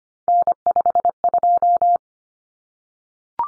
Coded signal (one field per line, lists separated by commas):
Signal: Morse code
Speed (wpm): 25 wpm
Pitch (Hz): 700 Hz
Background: none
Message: N52